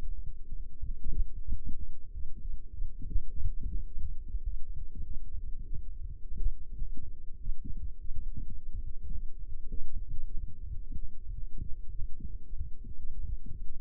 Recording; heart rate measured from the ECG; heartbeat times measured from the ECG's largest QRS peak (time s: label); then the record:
heart sounds by microphone in the left ear; 105 bpm
0.42 s: heartbeat
0.98 s: heartbeat
1.56 s: heartbeat
2.14 s: heartbeat
2.71 s: heartbeat
3.29 s: heartbeat
3.86 s: heartbeat
4.45 s: heartbeat
5.05 s: heartbeat
5.64 s: heartbeat
6.22 s: heartbeat
6.81 s: heartbeat
7.40 s: heartbeat
7.99 s: heartbeat
8.56 s: heartbeat
9.13 s: heartbeat
9.69 s: heartbeat
10.25 s: heartbeat
10.81 s: heartbeat
11.35 s: heartbeat
11.90 s: heartbeat
12.44 s: heartbeat
12.98 s: heartbeat
13.52 s: heartbeat
From the record:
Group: healthy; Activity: light exercise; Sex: female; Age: 24 years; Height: 163 cm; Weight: 55.7 kg